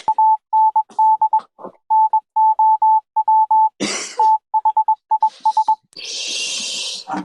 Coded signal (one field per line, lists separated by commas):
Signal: Morse code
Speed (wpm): 21 wpm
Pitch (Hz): 870 Hz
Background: none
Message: AND NOW THIS